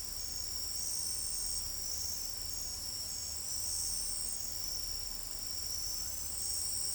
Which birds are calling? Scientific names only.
none